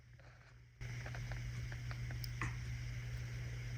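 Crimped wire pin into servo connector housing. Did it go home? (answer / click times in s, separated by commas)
yes / 2.4 s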